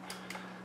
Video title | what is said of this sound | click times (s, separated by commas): How to update Orion firmware | so we're just going to press that in until it clicks again | 0.3 s